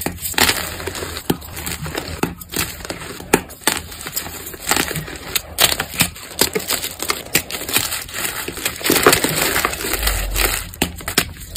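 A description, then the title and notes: Powder crunches in dense, irregular bursts, crisp and bright, with sharper louder crunches every second or so over a steady faint hiss. Powder Crunch.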